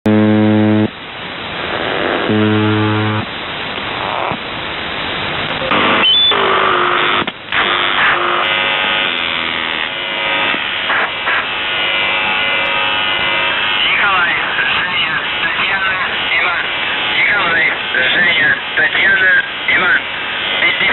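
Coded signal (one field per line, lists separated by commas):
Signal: numbers station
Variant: UVB-76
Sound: two short low buzzes, then a spoken voice message over noisy shortwave static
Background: radio static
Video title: The Buzzer/UVB-76(4625Khz) May 22nd, 2023 Voice messages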